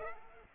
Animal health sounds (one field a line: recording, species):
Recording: mosquito wingbeat signal from an infrared sensor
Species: Aedes aegypti